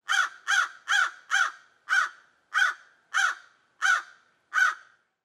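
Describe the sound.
Crow giving a series of nine harsh, raspy caws, the first four in quick succession and the rest more widely spaced, each call loud and grating against a silent background.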